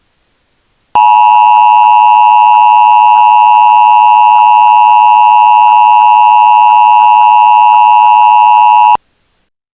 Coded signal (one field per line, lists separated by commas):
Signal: Emergency Alert System (SAME) tones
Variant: 853 and 960 Hz attention tone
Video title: EAS | Dangerous AMBER Alert after Child and Mother Abducted by Unknown New York man in Maine